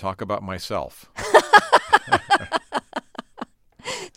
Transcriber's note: soundbite of laughter